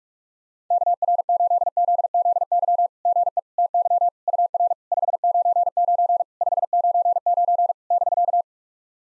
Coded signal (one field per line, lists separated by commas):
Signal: Morse code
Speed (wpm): 46 wpm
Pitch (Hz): 700 Hz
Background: none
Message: KR8ZZY GE TY UR 599 599 <BK>